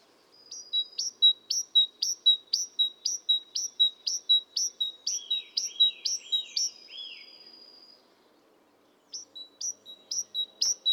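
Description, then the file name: Great tit song, bright two-part notes repeated about twice a second, overlapped midway by a lower buzzy downslurred phrase, then a pause before the notes resume. "Parus major"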